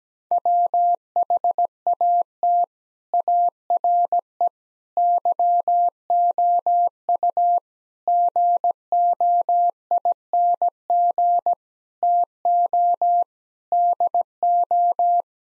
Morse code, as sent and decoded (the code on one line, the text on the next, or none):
.-- .... .- - / .- .-. . / -.-- --- ..- / --. --- .. -. --. / - --- / -.. ---
WHAT ARE YOU GOING TO DO